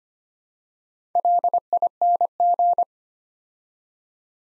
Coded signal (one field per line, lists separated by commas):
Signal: Morse code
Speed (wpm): 25 wpm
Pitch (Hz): 700 Hz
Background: none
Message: LING